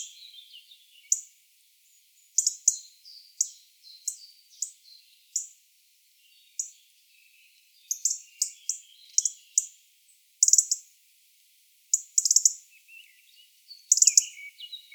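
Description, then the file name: European robin calls: clusters of sharp, high ticks repeated throughout, sometimes in quick doubles. "Erithacus rubecula"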